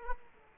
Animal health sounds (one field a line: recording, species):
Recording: mosquito wingbeat signal from an infrared sensor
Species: Culex quinquefasciatus